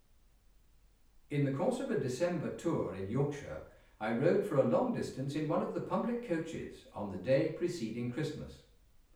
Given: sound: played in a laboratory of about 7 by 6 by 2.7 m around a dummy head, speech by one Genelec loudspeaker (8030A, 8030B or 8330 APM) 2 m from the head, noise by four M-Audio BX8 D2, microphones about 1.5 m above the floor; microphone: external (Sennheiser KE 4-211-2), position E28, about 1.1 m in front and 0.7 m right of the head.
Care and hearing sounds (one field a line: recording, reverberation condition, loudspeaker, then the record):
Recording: male speech in English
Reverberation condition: medium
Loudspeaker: 120 degrees to the left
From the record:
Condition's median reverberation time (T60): about 510 ms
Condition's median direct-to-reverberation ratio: about -0.5 dB